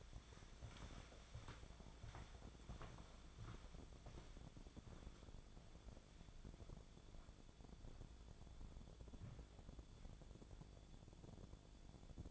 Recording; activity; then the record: daily activity, microphone in the room; walk to room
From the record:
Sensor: 5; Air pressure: 1000.0 hPa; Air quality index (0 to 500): 84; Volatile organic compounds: 1 ppm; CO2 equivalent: 694 ppm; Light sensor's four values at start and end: 400/898/407/473 and 348/866/362/406